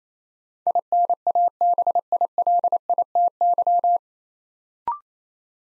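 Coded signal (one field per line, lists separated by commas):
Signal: Morse code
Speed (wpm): 27 wpm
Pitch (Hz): 700 Hz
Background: none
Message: INABILITY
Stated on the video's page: Build-a-word drill: nine-letter words copied three letters at a time at 28 wpm.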